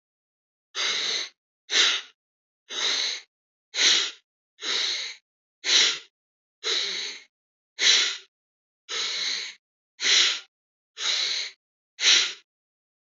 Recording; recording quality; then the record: deep breathing; excellent, no background noise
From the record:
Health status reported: healthy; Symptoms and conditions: hypertension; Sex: male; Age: 52 years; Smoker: not ticked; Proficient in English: no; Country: India